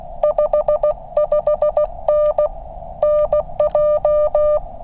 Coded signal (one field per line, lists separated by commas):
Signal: Morse code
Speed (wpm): 16 wpm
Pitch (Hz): 2400 Hz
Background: none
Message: 55N NJ